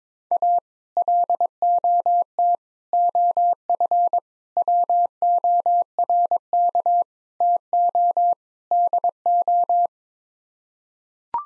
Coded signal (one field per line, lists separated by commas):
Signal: Morse code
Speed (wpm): 22 wpm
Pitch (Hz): 700 Hz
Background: none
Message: A LOT OF WORK TO DO